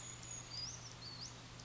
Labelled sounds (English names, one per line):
Brown Creeper